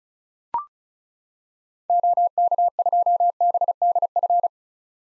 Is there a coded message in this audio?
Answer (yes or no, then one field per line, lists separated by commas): yes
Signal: Morse code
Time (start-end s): 1.9-4.5 s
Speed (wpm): 36 wpm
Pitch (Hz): 700 Hz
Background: none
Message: OK2BDF